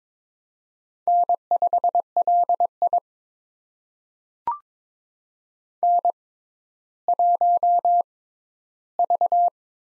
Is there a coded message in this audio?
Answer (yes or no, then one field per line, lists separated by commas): yes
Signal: Morse code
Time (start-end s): 1.1-9.5 s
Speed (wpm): 22 wpm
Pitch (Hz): 700 Hz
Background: none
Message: N5LI N1V